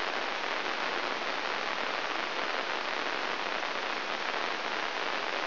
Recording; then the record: brain microelectrode recording played as sound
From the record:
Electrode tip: inside the subthalamic nucleus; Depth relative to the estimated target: -2.8 mm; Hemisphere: right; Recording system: AlphaMap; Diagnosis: Parkinson's disease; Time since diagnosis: 26 years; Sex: female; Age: 68 years